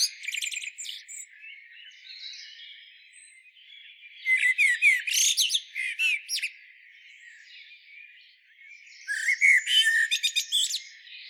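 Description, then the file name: Common blackbird song in three bursts: high twittering, then a mellow fluted phrase running into squeaky flourishes, and a final warble with sharp twitters after a pause. "Turdus merula"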